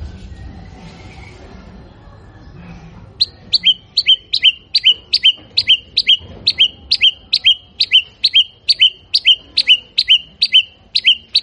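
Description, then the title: White-rumped shama song: after three quiet seconds, a rapid run of sharp, identical high chirping notes repeated steadily, over two per second, to the end. Lure recording of an actively singing shama, intended to provoke a response from other birds. "PANCINGAN MURAI BATU GACOR"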